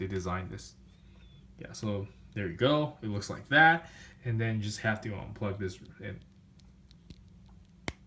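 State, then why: Seated. Someone talks while handling a Bandai Tamashii Nations S.H. Figuarts Naruto Shippuden Uchiha Itachi action figure, unplugging a plastic part and pushing it back into its socket on the figure's body. A few faint small clicks follow, then a sharp snap at 7.9 s as the part seats securely in place.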